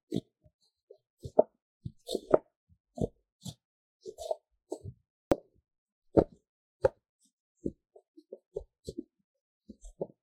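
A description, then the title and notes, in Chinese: A paper cup is tapped and handled in short, separate hits with quiet gaps between them, about two or three per second at an uneven pace. Most taps are soft hollow thumps with a crisp papery tick on top, and a sharper click lands near the middle. 紙杯觸發 | Paper Cup triggers | NoTalking。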